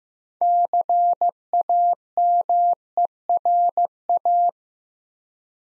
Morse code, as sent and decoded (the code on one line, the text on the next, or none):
-.-. .- -- . .-. .-
CAMERA